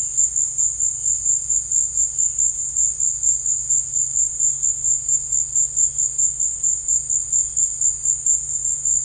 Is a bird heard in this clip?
no